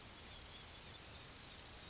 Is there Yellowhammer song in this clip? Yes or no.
no